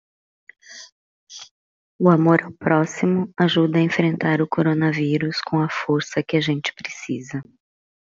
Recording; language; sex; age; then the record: spoken sentence; Brazilian Portuguese; female; 40 to 49 years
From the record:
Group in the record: control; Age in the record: 48 years